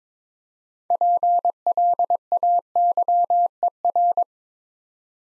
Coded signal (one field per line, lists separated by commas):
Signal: Morse code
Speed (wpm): 22 wpm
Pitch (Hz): 700 Hz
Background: none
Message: PLAYER